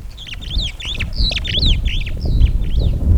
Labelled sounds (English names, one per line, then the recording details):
Superb Starling flight call
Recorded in Kenya